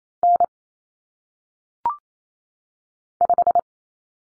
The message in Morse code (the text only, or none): N 5